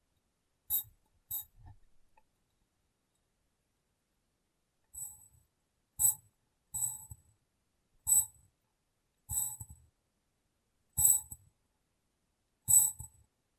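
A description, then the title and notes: Glass being tapped in short, separate knocks, each with a bright ringing top and a soft low thump beneath. Two taps come early, then a pause of about three seconds before taps resume roughly once a second, some doubled, until the end. ASMR Glass Brain Tapping & Cleaning (No Talking).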